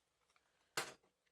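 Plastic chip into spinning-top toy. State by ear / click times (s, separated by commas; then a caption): seated / 0.8 s. A plastic chip is put back into a spinning-top battle toy before a match. A single sharp tick sounds at 0.8 s against near silence, and the chip snaps back in place, seated.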